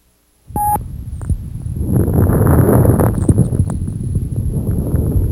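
After a short beep, dense low-pitched popping and rustling builds through the breath in adult lungs heard by stethoscope, loudest mid-clip, over a faint steady high whine. These are low-pitched crackles, due to the sudden opening of very small airways.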